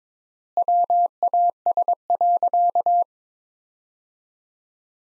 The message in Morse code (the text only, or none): WAS.